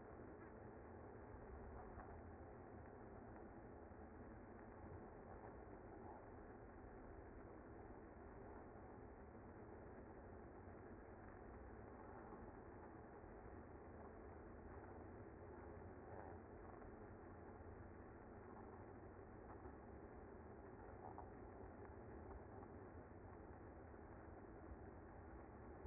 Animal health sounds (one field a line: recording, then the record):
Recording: honeybee colony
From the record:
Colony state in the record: active